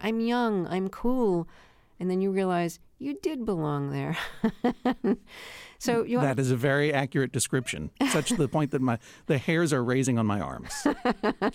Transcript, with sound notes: I'm young, I'm cool. And then you realize you did belong there (laughter). And so you are...
That is a very accurate description such to the point that my - the hairs are raising on my arms.